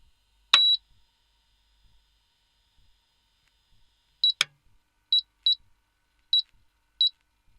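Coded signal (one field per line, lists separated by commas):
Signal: beep code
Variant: ceramic glass cooktop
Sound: a click with a high beep, then five short high-pitched beeps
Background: quiet room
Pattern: 1 long, 5 short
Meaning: The cooktop is being switched on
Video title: Vitrocerámica pitidos encendido - efecto de sonido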